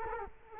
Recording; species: mosquito wingbeat signal from an infrared sensor; Culex quinquefasciatus